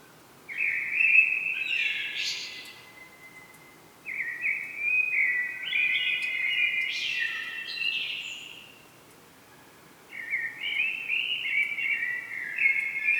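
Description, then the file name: Common blackbird song: three separate phrases of rich fluted notes with scratchy high twitters, separated by short pauses. "Turdus merula"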